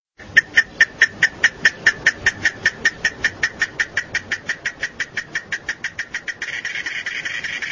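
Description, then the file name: Cicada song starting as a train of sharp rhythmic clicks at a steady rate, then merging into a continuous buzz near the end, over a hissy background. "cigarra"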